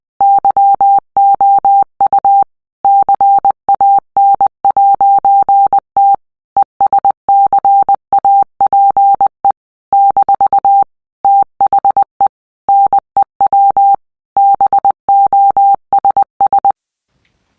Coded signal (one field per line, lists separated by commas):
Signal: Morse code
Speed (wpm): 20 wpm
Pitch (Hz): 800 Hz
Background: none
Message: YOU CAN'T ESCAPE - THE NEW BOSS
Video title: What is morse code